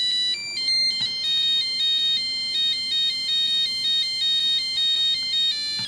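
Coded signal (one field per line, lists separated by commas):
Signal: none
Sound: phone ringtone melody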